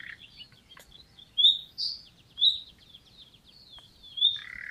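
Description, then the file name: Common nightingale song, thin high chirps and whistled notes with several louder accented notes, over a quiet background. "Luscinia megarhynchos"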